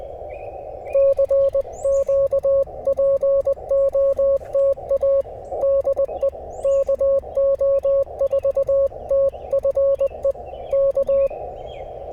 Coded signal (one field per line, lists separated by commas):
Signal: Morse code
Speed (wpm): 20 wpm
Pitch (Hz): 550 Hz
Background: none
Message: CQPOTA DE KO4TFE K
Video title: Pairing my new WOLF RIVER COIL with the FT-891 for some POTA fun!! #cw #qrp #hamradio #morsecode